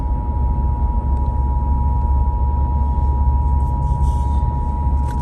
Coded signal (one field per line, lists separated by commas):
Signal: Emergency Alert System (SAME) tones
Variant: 853 and 960 Hz attention tone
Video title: (EAS) (FOUND SAFE) TN Amber Alert on WSM-AM and WSIX-FM